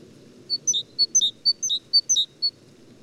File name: gtit major